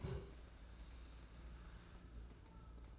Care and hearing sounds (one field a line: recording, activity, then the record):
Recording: daily activity, microphone in the room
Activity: stand up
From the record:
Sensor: 2